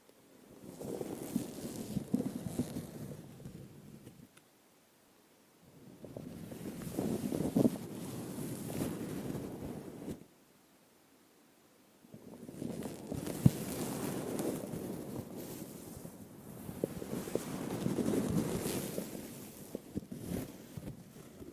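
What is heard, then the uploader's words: Intense brushing and rubbing against a microphone, a dense, rough scraping that is heaviest in the low and middle range with a hissy top. It comes in long sustained bursts, broken by two quiet pauses around 4 to 5 seconds and 10 to 12 seconds. Microphone touching Intense brushing.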